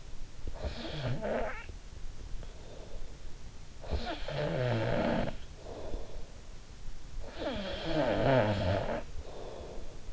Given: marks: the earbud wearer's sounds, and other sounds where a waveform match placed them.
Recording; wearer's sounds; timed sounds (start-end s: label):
sounds in sleep by an in-ear microphone; snoring breath
0.31-3.11 s: snoring breath
3.79-6.26 s: snoring breath
7.08-10.13 s: snoring breath